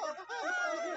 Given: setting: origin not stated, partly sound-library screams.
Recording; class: one-second piece from a danger detection set; woman in danger